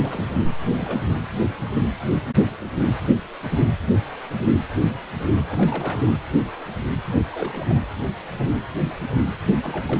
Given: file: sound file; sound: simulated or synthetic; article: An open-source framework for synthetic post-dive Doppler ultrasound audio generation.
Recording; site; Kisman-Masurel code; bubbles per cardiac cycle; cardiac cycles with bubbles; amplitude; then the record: Doppler ultrasound audio after a dive; precordial; 221; several, 3–8; 10–50%; barely perceptible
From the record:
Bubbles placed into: full cardiac cycles